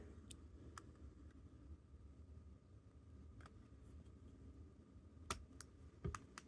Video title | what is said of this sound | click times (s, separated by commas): Switch Lite Joycon repair | you'll feel that click into place when you do that by the way that's how you know you did it right | 5.3 s